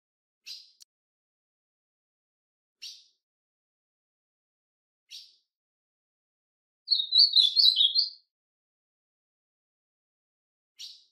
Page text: Azulão Bom De Canto! #azulão